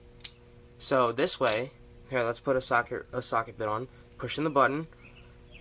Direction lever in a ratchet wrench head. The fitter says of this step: how you switch directions you flip it one way or the other you'll hear a little click so